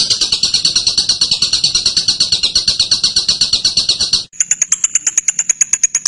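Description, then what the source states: Bird song: a dense, shrill trilling chatter for about four seconds, then a brief break and a run of higher, sharper repeated notes. Masteran birdsong recording used for training birds.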